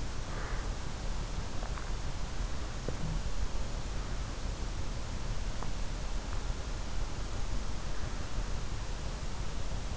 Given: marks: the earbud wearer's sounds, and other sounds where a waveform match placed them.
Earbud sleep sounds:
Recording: sounds in sleep by an in-ear microphone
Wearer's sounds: breath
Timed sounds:
0.00-0.92 s: breath

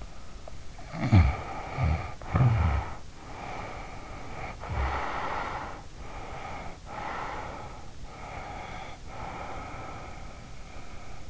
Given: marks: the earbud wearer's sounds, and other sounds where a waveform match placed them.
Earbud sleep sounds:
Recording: sounds in sleep by an in-ear microphone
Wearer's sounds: snoring breath, breath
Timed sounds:
0.00-3.09 s: snoring breath
3.27-5.84 s: breath
5.90-7.95 s: breath
8.20-11.30 s: breath

